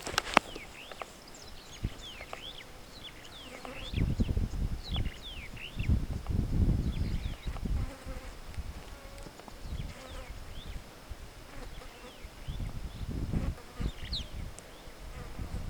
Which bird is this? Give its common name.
Superb Starling